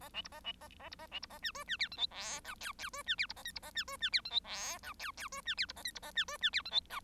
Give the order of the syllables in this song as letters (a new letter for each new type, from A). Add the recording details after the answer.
A B C A B A A C A B C A D E D F G H I J K K E D F C A L C A D E D F G H I J K K E D F C A L C A D E D F G H J. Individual Bird1